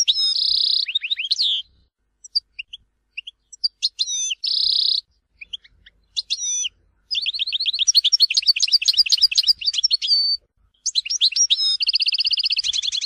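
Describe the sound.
European goldfinch song, bright tinkling trills and buzzy notes in short bursts separated by gaps, then a long, fast stream of liquid twittering phrases.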